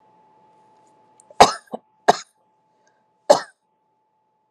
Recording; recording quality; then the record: shallow voluntary cough; excellent, no background noise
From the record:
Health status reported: COVID-19 positive, no symptoms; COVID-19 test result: positive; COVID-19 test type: rapid antigen test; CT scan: not taken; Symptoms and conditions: cough, sore throat, fatigue, muscle pain, hypertension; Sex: female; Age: 50 years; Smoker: no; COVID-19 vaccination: both doses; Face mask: not worn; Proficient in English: yes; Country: United States